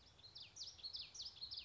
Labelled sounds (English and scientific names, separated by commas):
Common Yellowthroat (Geothlypis trichas)